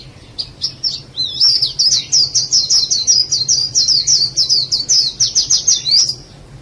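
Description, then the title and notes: Bird song, one long unbroken phrase of rapid high chirping notes repeated in quick succession for about five seconds, with low hum beneath. "Bird Sound. Kicau Burung Lengkap"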